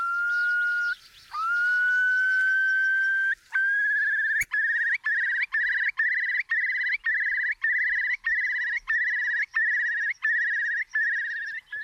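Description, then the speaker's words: Eurasian curlew display song: long steady whistles with a brief dip, then a steady run of bubbling trilled notes repeated about twice a second. Display flight: rises with whistle tones and flutters, then reaches height and descends yodelling; performed three times; recorded about two years earlier. "Met deze fluittonen gaat hij omhoog, fladdert."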